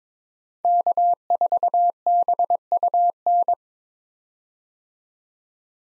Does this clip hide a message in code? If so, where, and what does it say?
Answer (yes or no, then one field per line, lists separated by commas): yes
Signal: Morse code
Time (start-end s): 0.6-3.5 s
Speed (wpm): 22 wpm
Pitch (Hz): 700 Hz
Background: none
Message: K4BUN